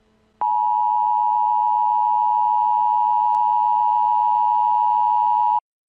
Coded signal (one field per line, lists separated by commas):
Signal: Emergency Alert System (SAME) tones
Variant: 853 and 960 Hz attention tone